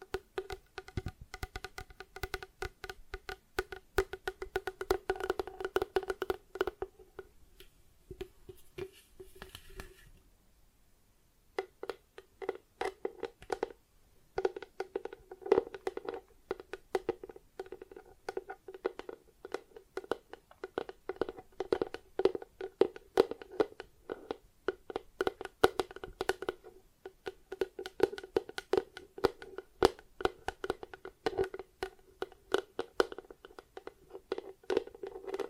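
Plastic objects are tapped and scratched in quick, irregular bursts of sharp clicks with a hollow midrange ring. The clicking runs almost continuously, broken by a near-silent pause around ten to eleven seconds, then resumes busier and denser until the end.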